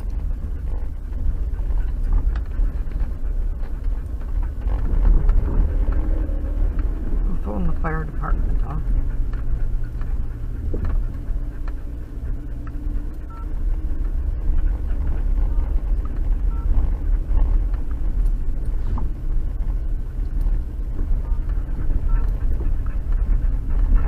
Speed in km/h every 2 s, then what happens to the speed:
22, 20, 16, 11, 10, 10, 11, 13, 13, 11, 13, 10.
0-7 slows to 10. 7-24 steady at about 11.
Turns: none.